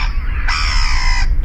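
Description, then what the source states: Common Gull call: one drawn-out, high, mewing squeal lasting under a second, rich in overtones, over a low rumbling background. Played back in a radio programme lining up gull calls side by side for comparison.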